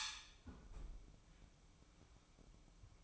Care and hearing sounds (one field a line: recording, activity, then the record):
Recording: daily activity, microphone in the room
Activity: close fridge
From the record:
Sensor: 1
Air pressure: 1007.9 hPa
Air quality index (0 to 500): 106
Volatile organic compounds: 1 ppm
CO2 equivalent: 897 ppm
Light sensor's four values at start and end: 12/29/12/14 and 12/30/12/14